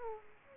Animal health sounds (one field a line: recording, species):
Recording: mosquito wingbeat signal from an infrared sensor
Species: Aedes aegypti